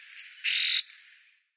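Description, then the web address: Graceful prinia giving a single harsh, buzzy call note lasting about a third of a second, preceded by a fainter short buzz, then fading background hiss. "Schulze Peter Graceful Prinia calls"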